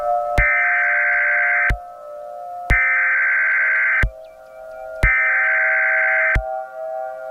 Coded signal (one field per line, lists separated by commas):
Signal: Emergency Alert System (SAME) tones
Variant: header bursts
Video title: Eas Scenario 008 - The End of The World